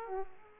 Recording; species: mosquito wingbeat signal from an infrared sensor; Aedes aegypti